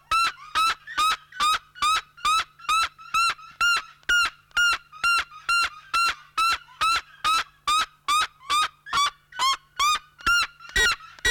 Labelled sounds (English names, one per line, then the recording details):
Red-legged Seriema call
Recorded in captivity
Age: adult
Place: Zoo Berlin, Berlin, DE
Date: 1993-03-20 12:28
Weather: 5-8°C, böiger Wind
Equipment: Marantz CP 430, Sennheiser ME 80, Kopie Uher Variocord 263
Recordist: Tembrock, Günter